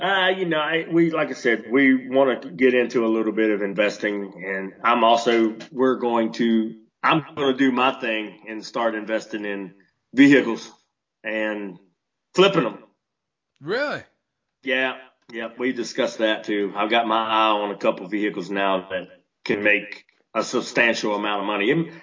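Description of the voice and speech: A man speaks fluently and casually about investing in and flipping vehicles, with a brief reply from another speaker.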